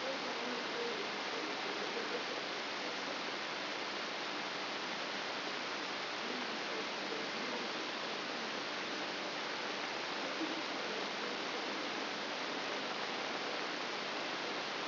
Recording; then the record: brain microelectrode recording played as sound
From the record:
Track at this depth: inside the subthalamic nucleus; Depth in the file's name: 4.502 mm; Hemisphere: left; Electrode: 3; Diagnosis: Parkinson's disease